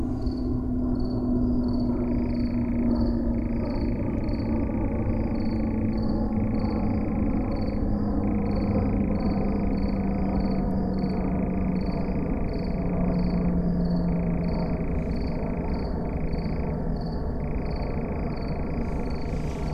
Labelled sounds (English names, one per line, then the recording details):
Eurasian Nightjar song
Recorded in the wild
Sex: male
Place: Schönow, Naturpark Barnim, Brandenburg, DE
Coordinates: 52.6914, 13.5069
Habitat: meadow
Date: 2009-06-08 22:12
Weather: heiter, ca. 20 °C
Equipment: Sound Devices 702, Rode NT1-A Stereopaar
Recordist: Frommolt, Karl-Heinz
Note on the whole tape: Naturschutzgebiet Schönower Heide: Schnärren eines Ziegenmelkers. Aufnahme um 20 dB verstärkt. Am Schluss Flugzeuglärm